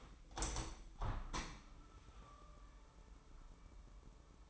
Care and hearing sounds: daily activity, microphone in the room; open window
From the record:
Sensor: 1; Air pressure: 998.6 hPa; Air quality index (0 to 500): 124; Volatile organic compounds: 3 ppm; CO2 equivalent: 1487 ppm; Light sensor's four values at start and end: 8/18/7/9 and 8/19/8/9

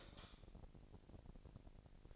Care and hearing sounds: daily activity, microphone in the room; light off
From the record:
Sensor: 5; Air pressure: 1002.0 hPa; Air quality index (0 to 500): 236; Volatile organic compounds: 36 ppm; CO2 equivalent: 3079 ppm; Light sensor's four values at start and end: 16/38/16/17 and 16/37/15/17

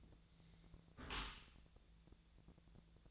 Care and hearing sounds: daily activity, microphone in the room; close dishwasher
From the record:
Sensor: 3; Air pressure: 1000.5 hPa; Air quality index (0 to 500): 176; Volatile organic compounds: 3 ppm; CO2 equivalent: 1527 ppm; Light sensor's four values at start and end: 13/35/14/15 and 13/35/14/15

